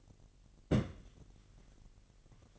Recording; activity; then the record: daily activity, microphone in the room; place on stove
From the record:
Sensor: 4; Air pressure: 1012.8 hPa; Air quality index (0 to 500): 239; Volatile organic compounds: 4 ppm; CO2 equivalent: 1593 ppm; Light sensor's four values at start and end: 24/57/23/23 and 24/58/24/24